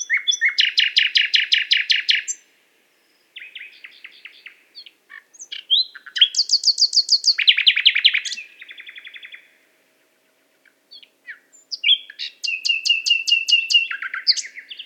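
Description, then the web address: Nightingale song with loud, fast repeated rattling notes, short pauses, buzzy trills and pure whistled tones, phrases following each other closely. Qatar. "qatar birds nightingale"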